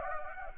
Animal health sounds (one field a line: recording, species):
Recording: mosquito wingbeat signal from an infrared sensor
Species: Anopheles gambiae